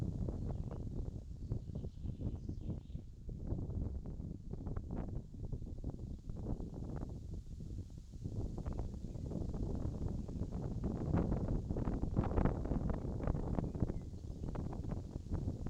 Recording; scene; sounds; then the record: everyday scene through a hearing-aid microphone; wind on the microphone; wind, birds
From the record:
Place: in front of a rural house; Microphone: in the ear canal, left